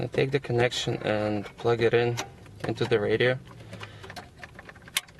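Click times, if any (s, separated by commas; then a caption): 5.0 s. Someone talks, then pushes the plastic harness connector of a GTA Car Kits Bluetooth kit for a 2002-2006 Toyota Camry into the socket on the back of the car radio. A few faint ticks of handling come before a sharp click at 5.0 s as the connector latches and seats.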